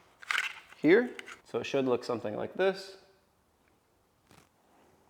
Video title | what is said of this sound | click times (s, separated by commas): I Rebuilt a $1,000 BMW F10 With a BLOWN ENGINE! - FULL BUILD | and then that'll click into place | 0.3 s